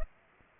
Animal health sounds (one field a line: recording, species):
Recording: mosquito wingbeat signal from an infrared sensor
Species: Culex pipiens